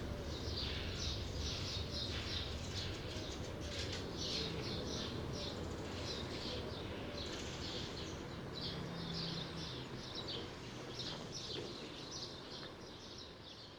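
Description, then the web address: Sparrow flock calling, a dense run of quick, sharp chirps repeated about three times a second. The chatter thins a little toward the end, over low background rumble. "True sparrows. صدای-پرنده-راستین"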